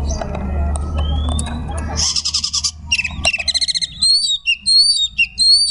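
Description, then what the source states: Magpie-robin song: after two seconds of low rumbling noise, a burst of rapid chattering notes, then loud whistled slurs and upward sweeps repeated in quick phrases. Song in the ngekek style, with tembakan phrasing.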